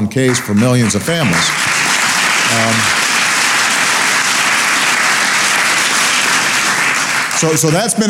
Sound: applause